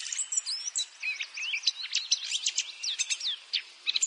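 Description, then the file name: Eurasian blackcap: songbird warbling steadily, dense quick notes jumping up and down in pitch, somewhat scratchy and busy throughout. "Sylvia atricapilla"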